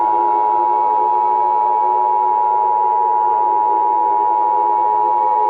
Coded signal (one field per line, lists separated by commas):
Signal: Emergency Alert System (SAME) tones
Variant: 853 and 960 Hz attention tone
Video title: EAS Scenario - The Anger Virus